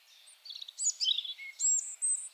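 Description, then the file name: European robin song: brief, bright, very high whistles and warbled notes in quick succession, some notes sustained and piercing. "Erithacus rubecula"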